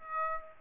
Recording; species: mosquito wingbeat signal from an infrared sensor; Aedes aegypti